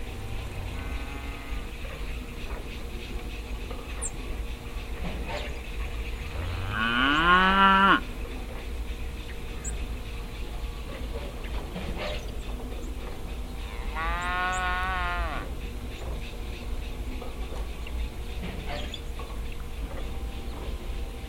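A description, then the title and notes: An oil pumpjack drones steadily in a field, letting out two long, groaning, moo-like squeals around seven and fourteen seconds over faint clicks. Oil pumpjack in field. Binaural field recording, Bakersfield, CA. This is a binaural audio recording.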